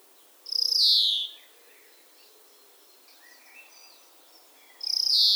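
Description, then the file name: European greenfinch calls: two loud, harsh, drawn-out high notes about four seconds apart, with faint scattered chirps between them. "Chloris chloris"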